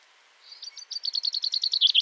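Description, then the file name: Common chaffinch song opening: a series of bright repeated notes that grows louder, cut off before the phrase ends. "Fringilla coelebs"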